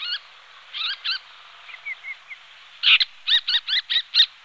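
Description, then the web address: Tiger shrike giving harsh, buzzy call notes, a single note and a pair, then a quick burst of six repeated notes, with a few faint thin whistles in between. "lanius tigrinus"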